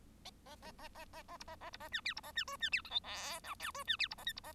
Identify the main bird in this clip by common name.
Bengalese Finch